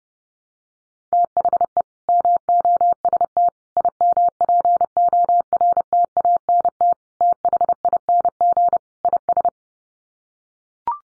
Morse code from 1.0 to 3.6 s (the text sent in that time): THE MOST